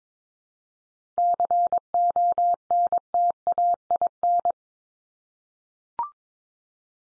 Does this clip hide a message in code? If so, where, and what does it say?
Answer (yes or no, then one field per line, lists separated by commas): yes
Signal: Morse code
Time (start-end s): 1.2-4.5 s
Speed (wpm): 22 wpm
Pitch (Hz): 700 Hz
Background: none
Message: CONTAIN